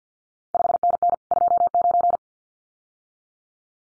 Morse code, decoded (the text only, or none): 5NN 29